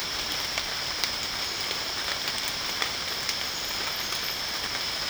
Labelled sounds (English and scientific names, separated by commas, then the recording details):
none
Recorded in dense forest near Puerto Asís, Putumayo, Colombia, on 24 June 2025 at 18:00
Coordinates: 0.499, -76.324
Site G100